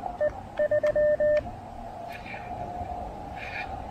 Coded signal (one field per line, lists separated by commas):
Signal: Morse code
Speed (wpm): 20 wpm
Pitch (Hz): 600 Hz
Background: radio noise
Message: E 3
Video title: POTA Jitters: My First POTA activation as VY2SW in Canada!